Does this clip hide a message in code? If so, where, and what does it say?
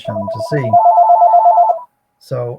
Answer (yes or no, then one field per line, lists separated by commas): no